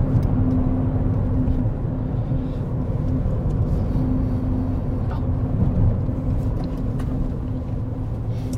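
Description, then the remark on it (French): A car drives along and pulls up, with a steady, low engine rumble and a constant droning hum that holds at an even loudness throughout, with no voices. “Alors là, tu peux garer ta voiture là, même derrière l'église.”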